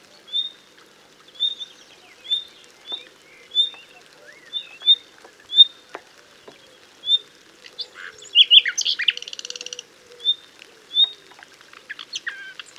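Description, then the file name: Common nightingale calls: a thin, clear whistle repeated about every second, broken after about eight seconds by a short harsh, rattling burst, then the whistles resume. "Luscinia megarhynchos"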